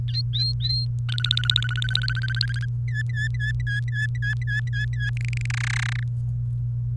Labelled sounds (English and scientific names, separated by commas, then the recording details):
Domestic Canary (Serinus canaria) song
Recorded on 28 April 2018 at 05:52
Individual llb3